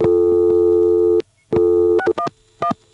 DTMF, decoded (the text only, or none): 611